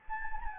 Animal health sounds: mosquito wingbeat signal from an infrared sensor; Anopheles gambiae

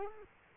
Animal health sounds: mosquito wingbeat signal from an infrared sensor; Culex quinquefasciatus

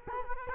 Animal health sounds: mosquito wingbeat signal from an infrared sensor; Culex quinquefasciatus

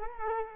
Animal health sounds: mosquito wingbeat signal from an infrared sensor; Culex quinquefasciatus

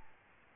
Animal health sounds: mosquito wingbeat signal from an infrared sensor; Aedes albopictus

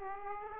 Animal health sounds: mosquito wingbeat signal from an infrared sensor; Aedes aegypti

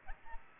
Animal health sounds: mosquito wingbeat signal from an infrared sensor; Aedes aegypti

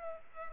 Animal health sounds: mosquito wingbeat signal from an infrared sensor; Culex pipiens

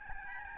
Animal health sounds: mosquito wingbeat signal from an infrared sensor; Aedes albopictus

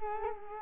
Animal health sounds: mosquito wingbeat signal from an infrared sensor; Culex quinquefasciatus

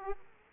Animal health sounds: mosquito wingbeat signal from an infrared sensor; Aedes aegypti

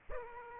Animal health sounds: mosquito wingbeat signal from an infrared sensor; Aedes aegypti

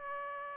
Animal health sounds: mosquito wingbeat signal from an infrared sensor; Aedes aegypti

